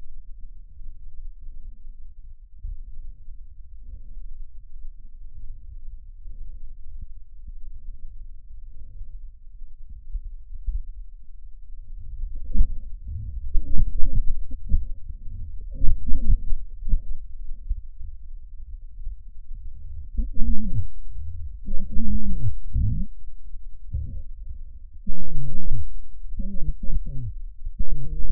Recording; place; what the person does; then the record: lung sounds by stethoscope; trachea; quiet breathing, then cough and speech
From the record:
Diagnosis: COPD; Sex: male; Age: 75 years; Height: 182 cm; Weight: 98 kg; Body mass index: 29.6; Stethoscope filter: bell mode